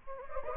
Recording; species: mosquito wingbeat signal from an infrared sensor; Anopheles gambiae